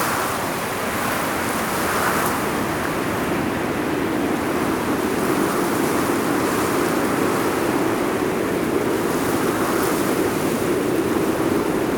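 Mountain wind blows in a steady, dense rush across the whole clip, with no breaks or lulls. The sound is thick in the low and middle range, like roaring surf, with faint brighter hiss above and slight swells in strength every few seconds.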